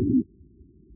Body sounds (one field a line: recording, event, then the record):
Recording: neck accelerometer signal played as sound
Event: voluntary cough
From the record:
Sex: male